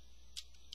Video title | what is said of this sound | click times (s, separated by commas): Star Wars LEGO Emperor Palpatine's Shuttle 8096 real time build Video 4 | so you can see what i'm doing i will put the first part on first and they just snap | 0.4 s, 0.7 s